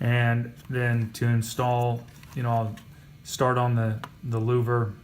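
Someone talks while a plastic replacement clip is started onto the louver of a dashboard A/C air vent from a 2002–2009 Lexus LX or GX 470 or Toyota Prado 120. Only the talking is heard; the clip has not seated or snapped into place yet.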